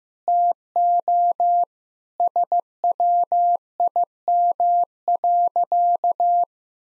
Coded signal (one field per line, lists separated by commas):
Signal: Morse code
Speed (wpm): 15 wpm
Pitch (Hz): 700 Hz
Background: none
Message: TO SWIM.